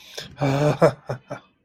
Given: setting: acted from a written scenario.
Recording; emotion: vocal sound without words; ecstasy